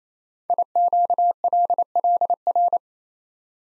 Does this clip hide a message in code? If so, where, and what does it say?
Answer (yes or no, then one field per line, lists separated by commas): yes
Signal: Morse code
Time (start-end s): 0.5-2.8 s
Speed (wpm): 27 wpm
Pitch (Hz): 700 Hz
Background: none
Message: IQLLR